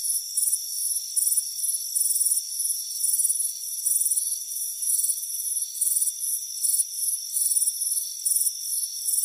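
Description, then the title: Crickets give high, rasping chirps in uneven bursts, about two per second, layered over a continuous faint insect trill. Warm afternoon on a front porch. "Soothing Crickets Chirping Sound"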